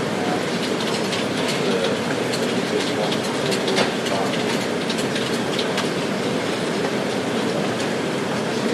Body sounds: background sound without coughing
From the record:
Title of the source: Office Sounds Ambience - Background Noise for Study and Work

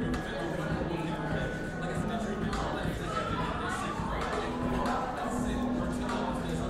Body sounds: background sound without coughing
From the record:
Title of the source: 60 minutes of coffee shop sounds for study and concentration

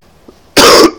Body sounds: coughing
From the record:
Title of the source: Coughing 60

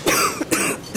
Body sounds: coughing mixed with background sound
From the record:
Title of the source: 31 night wet cough

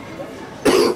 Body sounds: coughing mixed with background sound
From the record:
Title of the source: Coughing 77

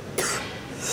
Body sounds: coughing mixed with background sound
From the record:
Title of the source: 34 coughing up crap again

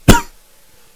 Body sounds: coughing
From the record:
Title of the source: Coughing 51

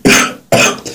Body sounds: coughing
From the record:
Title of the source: Spring Cold Coughing 3

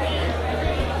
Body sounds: background sound without coughing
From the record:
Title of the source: CITY SOUNDS Busy Bar in the Evening Night - 2 HOURS of Ambiance for Relaxation

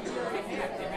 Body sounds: coughing mixed with background sound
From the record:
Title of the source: female coughing - coughing sound effects girl

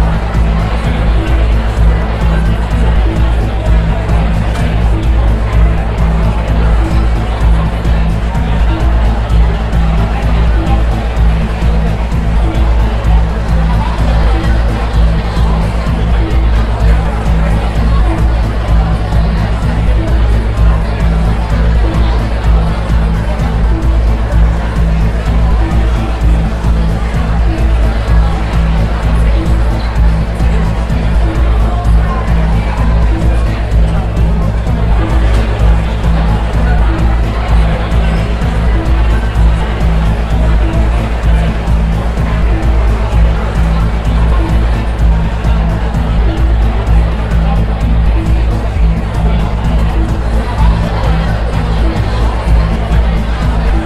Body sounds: background sound without coughing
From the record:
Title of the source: Party Noise 1 Hour Party Ambience

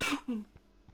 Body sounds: coughing mixed with background sound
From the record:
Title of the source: 64 coughing, allergies, singing lungs

